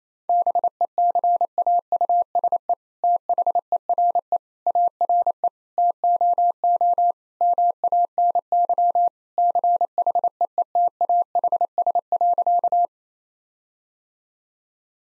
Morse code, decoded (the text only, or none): BECAUSE THERE ARE TOO MANY CHEETAHS.